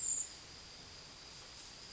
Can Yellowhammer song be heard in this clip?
no